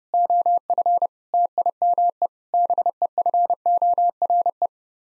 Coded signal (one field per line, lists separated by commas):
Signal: Morse code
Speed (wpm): 30 wpm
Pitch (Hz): 700 Hz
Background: none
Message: OF TIME BEFORE